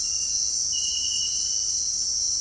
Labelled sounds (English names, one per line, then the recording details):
none
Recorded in dense forest near Puerto Asís, Putumayo, Colombia, on 18 February 2024 at 18:00
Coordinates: 0.485, -76.325
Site G6429